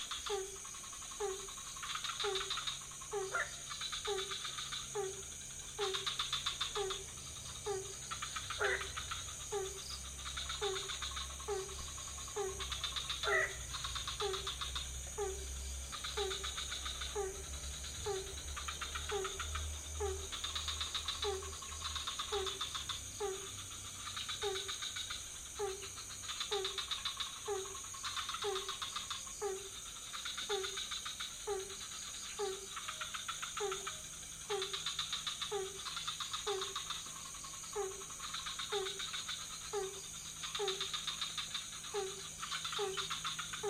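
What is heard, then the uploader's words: Frogs call from a pond in a dense, steady chorus, one voice repeating a short regular note about twice a second throughout, with higher trilling calls layered above. Between about 10 and 22 seconds a low engine rumble swells and fades, likely a passing motorbike. Frogs in the pond, Ubud, Bali, Indonesia. Recorded in the night in Ubud. Sony PCM D50, Rode NT4, Rode boompole. Several species of frogs in the pond near the hotel. Some motorbikes passing.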